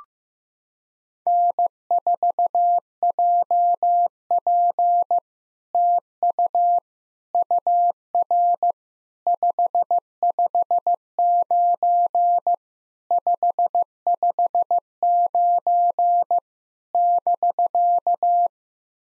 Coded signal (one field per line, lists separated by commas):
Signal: Morse code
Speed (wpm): 15 wpm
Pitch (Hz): 700 Hz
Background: none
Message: N4JP TU UR 559 559 <BK>